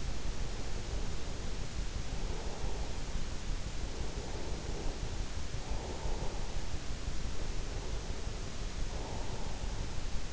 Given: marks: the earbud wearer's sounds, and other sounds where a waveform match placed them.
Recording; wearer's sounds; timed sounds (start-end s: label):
sounds in sleep by an in-ear microphone; breath
0.00-3.48 s: breath
3.85-7.18 s: breath
7.48-10.33 s: breath